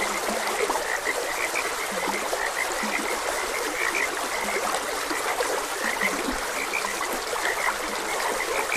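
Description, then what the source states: Frog chorus of rapid, clicking croaks layered thickly over one another, with a few lower croaks now and then and steady water noise beneath. Frogs croaking beside a gentle stream.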